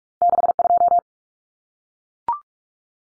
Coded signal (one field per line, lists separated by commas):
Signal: Morse code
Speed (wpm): 44 wpm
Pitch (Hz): 700 Hz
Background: none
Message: 62